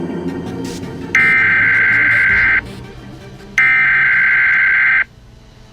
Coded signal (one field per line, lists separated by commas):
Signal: Emergency Alert System (SAME) tones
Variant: header bursts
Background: speech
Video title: EAS Scenario Among Us Remastered Preview